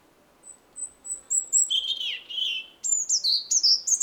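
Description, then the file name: European robin song with a string of soft, thin, high notes, a descending warble, then bright, rising and falling squeaky phrases in quick succession. "Erithacus rubecula"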